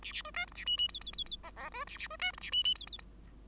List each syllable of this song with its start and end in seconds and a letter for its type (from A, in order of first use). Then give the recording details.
0.02-0.12 A, 0.12-0.22 A, 0.24-0.31 B, 0.34-0.46 C, 0.47-0.53 D, 0.55-0.65 A, 0.66-0.77 E, 0.77-0.88 E, 0.89-1.00 F, 1.01-1.12 F, 1.13-1.24 F, 1.26-1.37 F, 1.43-1.51 G, 1.56-1.70 G, 1.72-1.84 B, 1.87-1.97 A, 1.97-2.07 A, 2.10-2.16 B, 2.19-2.32 C, 2.33-2.39 D, 2.41-2.51 A, 2.52-2.63 E, 2.64-2.75 E, 2.75-2.86 F, 2.87-2.98 F. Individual Bird5